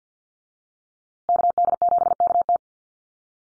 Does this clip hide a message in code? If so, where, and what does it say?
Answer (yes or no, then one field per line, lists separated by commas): yes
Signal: Morse code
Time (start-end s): 1.3-2.6 s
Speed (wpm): 50 wpm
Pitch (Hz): 700 Hz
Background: none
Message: KD7KT